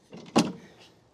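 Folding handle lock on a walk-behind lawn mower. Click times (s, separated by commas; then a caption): 0.4 s. The folding handle of an Echo cordless walk-behind push mower is lowered for vertical storage, with soft handling rattles from about 0.1 s. The handle lock engages with a sharp click at 0.4 s, then the sound fades out. The handle lock latches in place.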